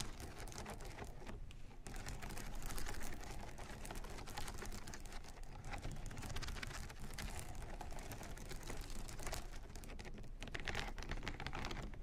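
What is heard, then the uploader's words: Headphone tapping and massage rollers make a dense, rain-like patter of rapid taps over a low rolling rumble, holding steady throughout. Headphone Tapping & Massage Rollers.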